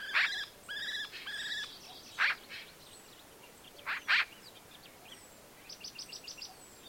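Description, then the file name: Eurasian magpie giving a few harsh calls, with nasal, harmonic notes at the start and a quick series of thin high notes near the end. "Pica pica"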